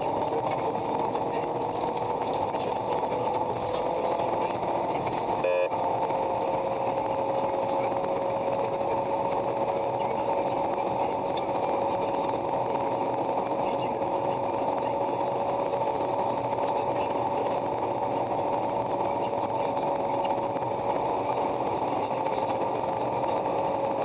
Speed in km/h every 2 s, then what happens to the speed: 101, 107, 114, 116, 118, 118, 118, 120, 120, 120, 122, 127.
0-5 speeds up to 116. 5-19 steady at about 118. 19-24 speeds up to 127.